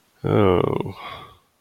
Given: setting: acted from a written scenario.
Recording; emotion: vocal sound without words; sadness